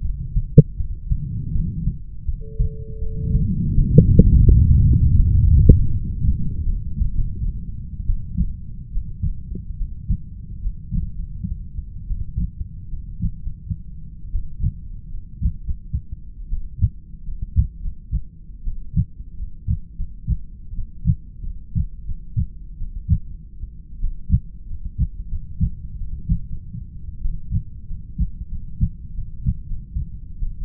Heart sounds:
heart sounds by stethoscope; 85 bpm
0.02 s: heartbeat
0.77 s: heartbeat
1.52 s: heartbeat
2.26 s: heartbeat
2.99 s: heartbeat
3.74 s: heartbeat
4.46 s: heartbeat
5.17 s: heartbeat
5.89 s: heartbeat
6.65 s: heartbeat
7.12 s: heartbeat
8.07 s: heartbeat
8.92 s: heartbeat
9.77 s: heartbeat
10.60 s: heartbeat
11.14 s: heartbeat
12.07 s: heartbeat
12.88 s: heartbeat
13.41 s: heartbeat
14.30 s: heartbeat
15.08 s: heartbeat
15.61 s: heartbeat
16.48 s: heartbeat
17.22 s: heartbeat
17.79 s: heartbeat
18.63 s: heartbeat
19.34 s: heartbeat
19.94 s: heartbeat
20.73 s: heartbeat
21.41 s: heartbeat
22.03 s: heartbeat
22.76 s: heartbeat
23.21 s: heartbeat
23.99 s: heartbeat
24.65 s: heartbeat
25.27 s: heartbeat
25.96 s: heartbeat
26.44 s: heartbeat
27.21 s: heartbeat
27.85 s: heartbeat
28.47 s: heartbeat
29.13 s: heartbeat
29.64 s: heartbeat
30.38 s: heartbeat
From the record:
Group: heart failure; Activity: rest 0-8 s, breath hold 8-31 s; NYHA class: 1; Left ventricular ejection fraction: 39%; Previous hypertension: present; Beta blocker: carvedilol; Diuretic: furosemide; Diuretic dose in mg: 20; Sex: male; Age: 60 years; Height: 178 cm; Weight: 62 kg

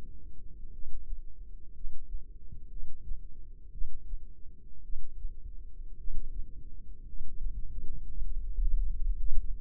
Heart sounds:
heart sounds by microphone in the left ear; 57 bpm
0.69 s: heartbeat
1.71 s: heartbeat
2.67 s: heartbeat
3.69 s: heartbeat
4.81 s: heartbeat
5.95 s: heartbeat
7.04 s: heartbeat
8.06 s: heartbeat
9.16 s: heartbeat
From the record:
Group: healthy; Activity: cold pressor test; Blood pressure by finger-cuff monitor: 137/62 mmHg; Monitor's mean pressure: 88 mmHg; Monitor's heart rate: 55 bpm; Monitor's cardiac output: 6.3 L/min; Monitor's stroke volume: 118 mL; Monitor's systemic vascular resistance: 1030 dyn s/cm5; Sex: male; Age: 25 years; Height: 170 cm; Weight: 70.4 kg

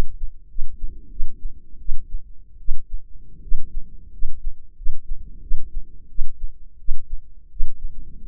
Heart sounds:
heart sounds by microphone in the left ear; 86 bpm
0.47 s: heartbeat
1.09 s: heartbeat
1.78 s: heartbeat
2.58 s: heartbeat
3.41 s: heartbeat
4.11 s: heartbeat
4.75 s: heartbeat
5.40 s: heartbeat
6.08 s: heartbeat
6.78 s: heartbeat
7.49 s: heartbeat
8.19 s: heartbeat
From the record:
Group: healthy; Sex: female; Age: 22 years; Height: 157 cm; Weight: 47.6 kg

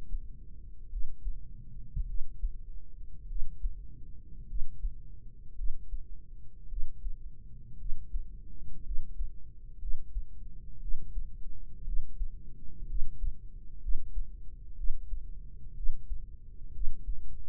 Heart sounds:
heart sounds by microphone in the right ear; 57 bpm
0.88 s: heartbeat
2.05 s: heartbeat
3.26 s: heartbeat
4.45 s: heartbeat
5.54 s: heartbeat
6.67 s: heartbeat
7.76 s: heartbeat
8.82 s: heartbeat
9.77 s: heartbeat
10.78 s: heartbeat
11.82 s: heartbeat
12.85 s: heartbeat
13.79 s: heartbeat
14.74 s: heartbeat
15.73 s: heartbeat
16.71 s: heartbeat
From the record:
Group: healthy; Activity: rest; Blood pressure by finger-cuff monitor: 124/79 mmHg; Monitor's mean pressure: 92 mmHg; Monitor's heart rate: 55 bpm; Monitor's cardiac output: 4.7 L/min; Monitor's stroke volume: 86 mL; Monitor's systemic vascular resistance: 1450 dyn s/cm5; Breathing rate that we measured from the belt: 14 breaths a minute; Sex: female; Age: 23 years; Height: 160 cm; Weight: 50.4 kg

